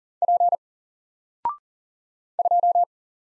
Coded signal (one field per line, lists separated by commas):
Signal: Morse code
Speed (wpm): 39 wpm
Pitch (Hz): 700 Hz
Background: none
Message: P 2